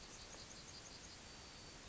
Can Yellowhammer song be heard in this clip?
yes